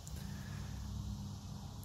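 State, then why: Not seated. A new spin-on oil filter cartridge is lined up on a John Deere tractor's quick-change engine filter base, with the lock symbol matched to the unlock symbol before it is rotated to lock. A steady low hum below about 200 Hz runs throughout, with faint brief ticks near 0.1 s and 1.8–1.9 s. Nothing has clicked or locked into place yet.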